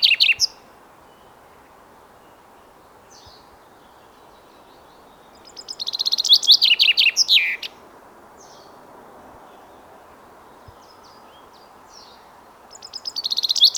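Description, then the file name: Common chaffinch singing: the clipped end of one song, then a full fast song, and another starting near the close, with soft notes in the gaps. "Fringilla coelebs"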